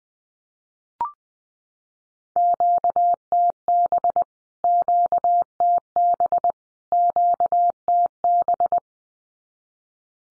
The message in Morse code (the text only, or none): QTB QTB QTB